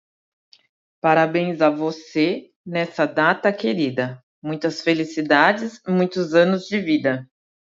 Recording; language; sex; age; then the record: short text; Brazilian Portuguese; female; 30 to 39 years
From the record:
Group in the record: control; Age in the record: 39 years